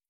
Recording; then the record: hydrophone in a shrimp aquaculture tank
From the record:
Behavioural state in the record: starved